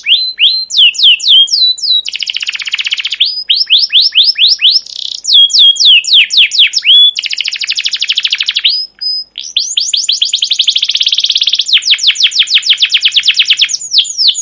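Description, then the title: Canary song, nonstop mix of rapid descending chirps, buzzy rattles and long rolling trills, changing phrase every second or two. Captive canary long continuous chirping song used as a lure and model for teaching young canaries to sing. "CUIT CUIT NGEROL LANGSUNG GACOR PANJANG Kenari Ini AMPUH Utk Pancingan KENAR. PANCINGAN Kenari GACOR PANJANG Cuit CUIT EMOSI ini AMPUH utk MASTERAN Kenari PAUD belajar BUNYI"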